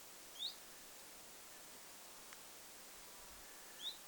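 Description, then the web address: Common chiffchaff: two upslurred whistled calls from a common chiffchaff open and close the passage, with a quiet hiss between. Recorded 27 August 2026; call rendered as 'zuit' or 'hyit'. "paivat 27 8 2026 zuit vaiko hyit-tiltaltti"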